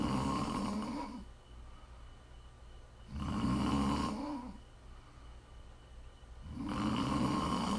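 Three loud, rumbling inspiratory snores about 3 seconds apart, roughly 17 breaths a minute, with quiet exhalations between, from an adult woman asleep.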